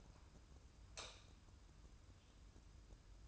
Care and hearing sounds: daily activity, microphone in the room; light off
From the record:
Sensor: 2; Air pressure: 994.3 hPa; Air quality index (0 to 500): 215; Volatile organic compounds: 1000 ppm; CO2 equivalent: 7113 ppm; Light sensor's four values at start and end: 117/284/118/120 and 115/274/115/117

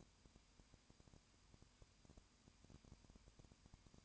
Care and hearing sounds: daily activity, microphone in the room; no activity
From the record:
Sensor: 2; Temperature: 20.8 degrees Celsius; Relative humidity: 38.3%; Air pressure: 1010.4 hPa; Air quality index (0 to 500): 200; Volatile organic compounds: 19 ppm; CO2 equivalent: 2651 ppm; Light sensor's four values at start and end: 2/3/2/2 and 2/3/2/2

